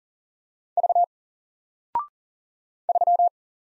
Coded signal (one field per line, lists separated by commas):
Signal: Morse code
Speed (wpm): 40 wpm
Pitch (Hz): 700 Hz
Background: none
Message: V 3